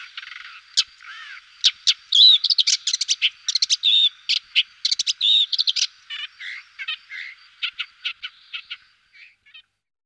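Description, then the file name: Woodchat shrike singing a varied, jumbled medley of sharp chirps, squeaky whistles and scratchy notes, dense at first, then thinning into spaced single notes before falling silent. "Averla capirossa"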